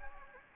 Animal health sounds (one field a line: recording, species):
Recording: mosquito wingbeat signal from an infrared sensor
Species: Anopheles gambiae